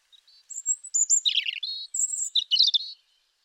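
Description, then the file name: European robin song: a soft thin note leads to sustained very high whistles, then tumbling warbled notes and a second high, jangling phrase. "Erithacus rubecula"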